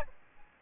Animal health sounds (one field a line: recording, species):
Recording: mosquito wingbeat signal from an infrared sensor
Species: Aedes albopictus